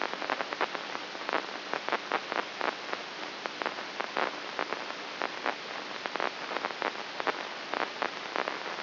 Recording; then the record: brain microelectrode recording played as sound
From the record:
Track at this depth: inside the subthalamic nucleus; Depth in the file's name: 2.04 mm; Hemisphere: right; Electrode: 2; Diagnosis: Parkinson's disease